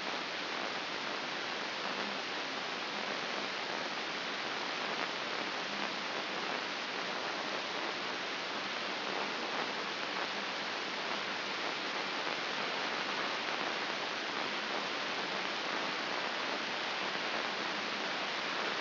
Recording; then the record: brain microelectrode recording played as sound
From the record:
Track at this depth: outside the subthalamic nucleus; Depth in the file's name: 5.22 mm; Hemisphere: left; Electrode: 2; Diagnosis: Parkinson's disease